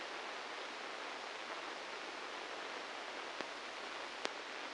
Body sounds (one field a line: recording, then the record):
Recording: brain microelectrode recording played as sound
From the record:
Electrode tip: inside the subthalamic nucleus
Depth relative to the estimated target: 3 mm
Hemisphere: right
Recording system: NeuroSet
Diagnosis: Parkinson's disease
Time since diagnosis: 9 years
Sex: male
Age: 56 years